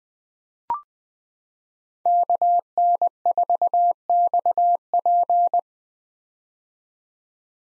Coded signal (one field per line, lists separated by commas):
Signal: Morse code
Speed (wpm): 20 wpm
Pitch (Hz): 700 Hz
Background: none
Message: KN4XP